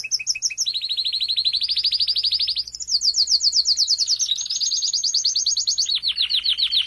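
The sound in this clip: Domestic canary pouring out long rapid trills, one run rising slightly, then a higher fast roll and a falling chirp series.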